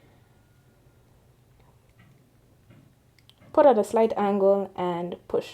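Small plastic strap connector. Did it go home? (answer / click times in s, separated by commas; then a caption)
no / none. The second strap's quick-release connector is lined up with the port on the other end of a Samsung Galaxy Watch 8 / 8 Classic case before being angled in and pushed. Only faint, small contact ticks are heard, around 3.2–3.4 s, before someone talks. The strap has not seated or clicked yet.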